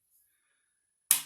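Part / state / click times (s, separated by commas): antenna cable connector onto modem board / seated / 1.1 s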